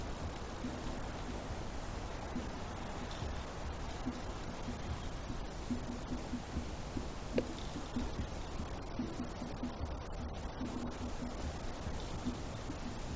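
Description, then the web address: Crickets trilling in a continuous, very high-pitched ringing band that steps slightly in pitch, over a low rumbling background. Crickets in Montana. "montana 2000 Crickets"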